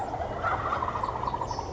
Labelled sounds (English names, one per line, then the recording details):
Wild Turkey
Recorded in Sonoma County, California